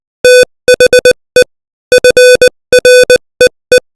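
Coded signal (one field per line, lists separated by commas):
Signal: Morse code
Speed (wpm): 20 wpm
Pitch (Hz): 500 Hz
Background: music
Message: THE FREE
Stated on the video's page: Morse code practice at 20 WPM.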